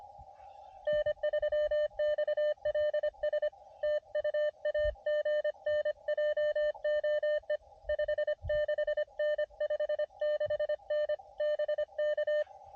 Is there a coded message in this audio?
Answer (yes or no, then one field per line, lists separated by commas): yes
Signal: Morse code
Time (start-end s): 0.9-12.4 s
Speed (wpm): 24 wpm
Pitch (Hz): 590 Hz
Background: none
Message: N3XLS TU AGN JOE 56N 56N BK